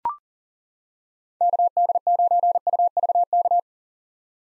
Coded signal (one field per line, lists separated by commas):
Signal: Morse code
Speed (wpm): 40 wpm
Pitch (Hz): 700 Hz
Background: none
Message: KD9UVK